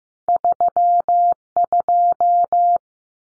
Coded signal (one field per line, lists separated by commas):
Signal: Morse code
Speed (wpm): 15 wpm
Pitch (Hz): 700 Hz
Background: none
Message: 32